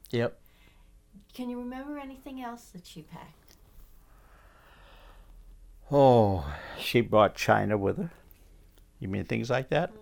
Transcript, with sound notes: Yep.
Can you remember anything else that she packed?
(sighs) Oh, she brought china with her. You mean things like that?